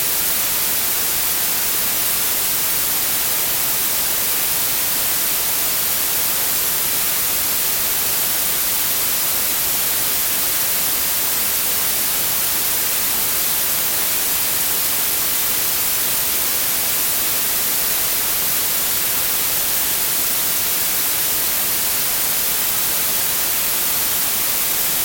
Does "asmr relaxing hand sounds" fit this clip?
no